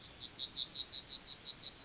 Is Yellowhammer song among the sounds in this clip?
yes